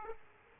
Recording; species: mosquito wingbeat signal from an infrared sensor; Aedes aegypti